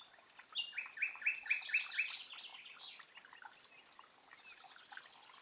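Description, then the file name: Common nightingale song phrase: a high rattling start, then five loud, evenly spaced sharp notes, fading into softer chatter. "Luscinia megarhynchos"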